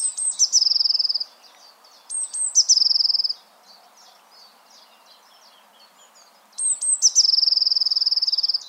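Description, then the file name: Eurasian blue tit singing three phrases, each with thin high piercing notes followed by a rapid trill, separated by pauses with faint chatter; the last phrase runs to the end. "Cyanistes caeruleus"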